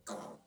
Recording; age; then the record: pig call; piglet (1 to 25 days)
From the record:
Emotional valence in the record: negative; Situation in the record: restrain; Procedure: back test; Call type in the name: low-frequency call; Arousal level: maximum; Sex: male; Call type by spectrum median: low-frequency call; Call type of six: low-frequency stable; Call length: 0.47 s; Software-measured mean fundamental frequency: 53 Hz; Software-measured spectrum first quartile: 528 Hz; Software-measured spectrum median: 1182 Hz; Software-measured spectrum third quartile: 4749 Hz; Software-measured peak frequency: 516 Hz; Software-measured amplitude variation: 169 dB a second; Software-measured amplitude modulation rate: 20.2 a second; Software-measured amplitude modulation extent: 8.3 dB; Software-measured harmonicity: 1.0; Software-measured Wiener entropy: -2.87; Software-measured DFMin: 1313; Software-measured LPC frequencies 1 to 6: 595, 1173, 3938, 6242, 7218, 8047 Hz